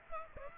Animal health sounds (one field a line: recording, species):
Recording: mosquito wingbeat signal from an infrared sensor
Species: Aedes aegypti